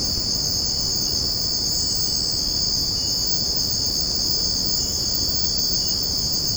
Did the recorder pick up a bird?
no